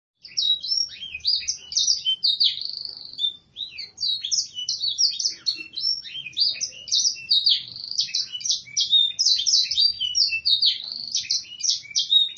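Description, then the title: Canary song, a long, almost unbroken flow of bright, high chirps and trills at a rapid pace. Canary singing in the cengkok mewah song style, with a clear voice. "Cengkok Kenari Mewah. kenari CENGKOK MEWAH suara jernih"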